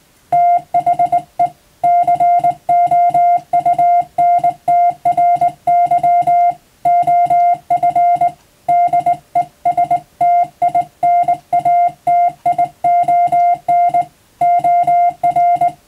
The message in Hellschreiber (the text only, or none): none